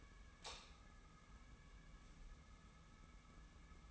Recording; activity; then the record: daily activity, microphone in the room; light on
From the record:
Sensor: 1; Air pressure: 994.4 hPa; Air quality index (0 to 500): 226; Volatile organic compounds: 1000 ppm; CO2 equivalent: 8141 ppm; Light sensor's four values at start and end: 152/345/155/171 and 156/361/161/177